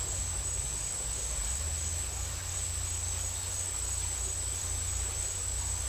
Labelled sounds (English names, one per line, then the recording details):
none
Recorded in dense forest near Puerto Asís, Putumayo, Colombia, on 20 December 2024 at 10:00
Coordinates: 0.467, -76.328
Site GP05